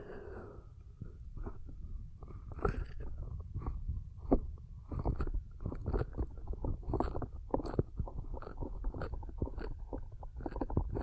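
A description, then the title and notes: Muffled cupping and rubbing, with a steady low rumble underneath. Soft crackly taps and brushes come in quick irregular bursts, growing busier after the first few seconds. The sound stays dull, as if heard from inside the hands. ASMR 10 Ear Cupping Triggers for Deep Sleep & Relaxation (No Talking).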